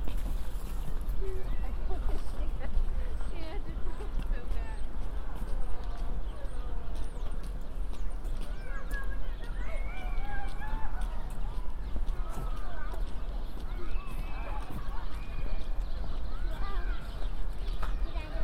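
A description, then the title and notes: A walk through Central Park after a snow storm, with a steady low rumble running under everything. Dense overlapping voices chatter throughout, growing more lively after the midpoint, and a horse's hooves clip-clop along in the mix. A binaural field recording of walking in Central Park after a snow storm. It was a windy day, so there is some wind noise.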